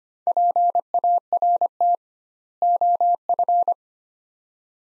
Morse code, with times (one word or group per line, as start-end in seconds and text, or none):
0.3-1.9 PART
2.6-3.7 OF